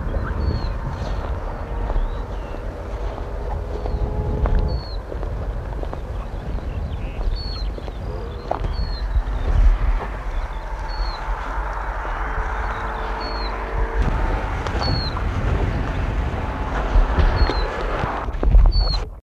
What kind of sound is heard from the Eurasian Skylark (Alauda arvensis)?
call